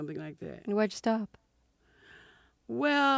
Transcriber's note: none